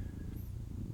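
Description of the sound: A low, steady, fluttering rumble fills under a second, with no speech over it. It is the snoring of a French bulldog, a rattly, purr-like snore; the dog is one that is always snoring and rumbling.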